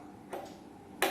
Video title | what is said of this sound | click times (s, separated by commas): Day 2 - Session I - Demonstration of Optical parts and electro surgery unit | So this click sound, if you come, your light source is or light cable is attached. | 1.0 s